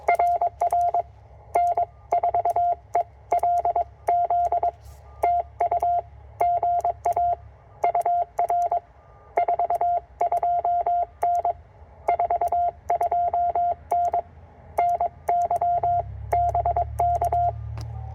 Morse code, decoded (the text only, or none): RR N4ELZ TU GA UR 42N 42N NYBK